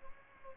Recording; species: mosquito wingbeat signal from an infrared sensor; Aedes albopictus